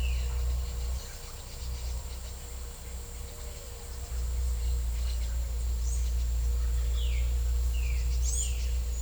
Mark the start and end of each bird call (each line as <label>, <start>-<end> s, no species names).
bird call, 6.61-8.73 s